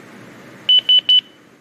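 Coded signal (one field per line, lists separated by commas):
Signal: none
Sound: radio's roger beeps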